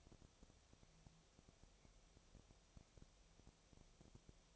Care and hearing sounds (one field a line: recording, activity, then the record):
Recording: daily activity, microphone in the room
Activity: no activity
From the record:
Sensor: 1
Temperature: 19.8 degrees Celsius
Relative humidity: 37.9%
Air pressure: 998.8 hPa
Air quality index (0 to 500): 233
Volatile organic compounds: 134 ppm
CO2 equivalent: 3946 ppm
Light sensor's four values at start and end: 1/2/1/1 and 1/2/1/1